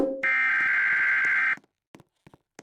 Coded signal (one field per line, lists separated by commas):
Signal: Emergency Alert System (SAME) tones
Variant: header bursts